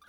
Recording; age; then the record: pig call; piglet (1 to 25 days)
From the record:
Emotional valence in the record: negative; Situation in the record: long isolation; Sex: male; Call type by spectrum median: low-frequency call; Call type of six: mixed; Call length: 0.09 s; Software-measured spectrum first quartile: 1111 Hz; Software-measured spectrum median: 1619 Hz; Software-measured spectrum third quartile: 3867 Hz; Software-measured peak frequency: 1188 Hz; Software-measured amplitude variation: 107 dB a second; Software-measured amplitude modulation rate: 16.5 a second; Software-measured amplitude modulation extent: 6.5 dB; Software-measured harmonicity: 7.6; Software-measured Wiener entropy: -2.21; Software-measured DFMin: 629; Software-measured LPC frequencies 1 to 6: 1329, 3509, 4578, 5782, 6436, 7608 Hz